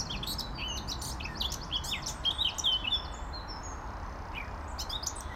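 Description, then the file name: Eurasian blackcap uttering rapid high chirps and brief warbling phrases, thinning out after the first few seconds, against continuous low-pitched background noise. "Sylvia atricapilla"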